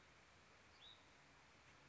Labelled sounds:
Hutton's Vireo
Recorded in Sonoma County, California

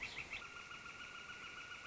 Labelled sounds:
Northern Flicker
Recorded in Sonoma County, California

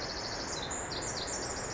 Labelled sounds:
Pacific Wren
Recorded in Sonoma County, California

